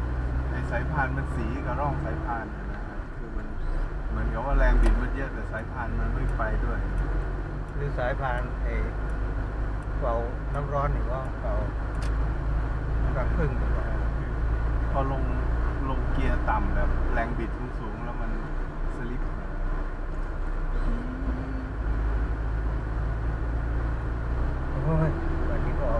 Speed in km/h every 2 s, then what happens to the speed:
39, 44, 46, 48, 51, 52, 54, 56, 58, 59, 57, 58, 59.
0-15 speeds up to 58. 15-26 steady at about 58.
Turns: none.